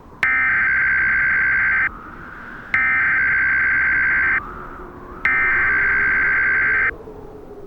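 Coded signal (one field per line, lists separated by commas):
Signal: Emergency Alert System (SAME) tones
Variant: header bursts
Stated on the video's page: Fictional cyberattack EAS scenario in analog-horror style, using valid EAS tones.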